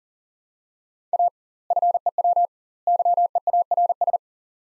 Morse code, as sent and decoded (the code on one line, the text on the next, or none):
.- / ..-. . .-- / -.-- . .- .-. ...
A FEW YEARS